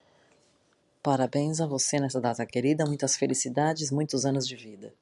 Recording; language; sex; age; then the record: short text; Brazilian Portuguese; female; 30 to 39 years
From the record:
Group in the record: control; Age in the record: 37 years